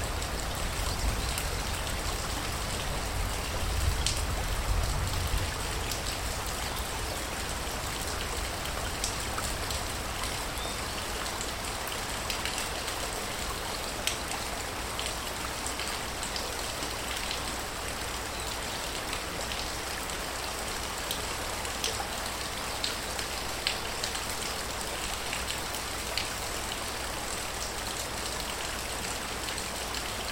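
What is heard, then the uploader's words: Light rain drips steadily from a forest canopy, a dense, even patter with scattered brighter drops ticking through it. A soft low rumble swells in the first few seconds, like thunder, then fades, leaving the rain hissing evenly to the end. Tropical Rain & Rolling Thunder. A light rain drips down from the rainforest canopy. July in Mexico is rainy season. So, I went out into the forest and recorded a thunder storm.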